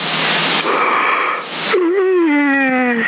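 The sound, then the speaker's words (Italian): A long yawn into a microphone: a breathy, airy inhale gives way to a loud voiced groan that slides slowly downward in pitch and trails off, with no talking. “Mi tocca fare sbadigliare una gola profonda col microfono.”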